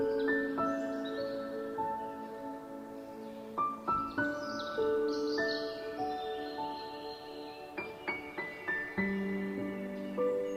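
Gentle music of sustained, bell-like tones holds each chord for a few seconds, with new notes struck around 4, 8 and 9 seconds and ringing on. Faint high chirps, like birds, flicker above the music in the middle of the clip.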